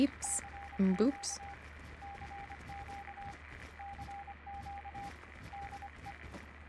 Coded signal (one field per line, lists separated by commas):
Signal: Morse code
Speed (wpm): 25 wpm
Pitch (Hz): 800 Hz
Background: speech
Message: CQ CQ CQ DE